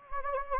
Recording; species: mosquito wingbeat signal from an infrared sensor; Anopheles gambiae